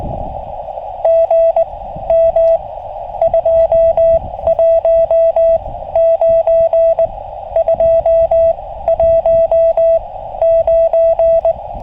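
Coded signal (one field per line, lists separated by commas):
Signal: Morse code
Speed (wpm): 20 wpm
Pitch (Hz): 660 Hz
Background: radio noise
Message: G M 21 9 2 1 9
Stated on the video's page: SOTA summit activation on 40m CW, 5W QRP, FT-818ND, inverted-L long wire antenna, BaMaKeY TP-III key, with deep QSB fading.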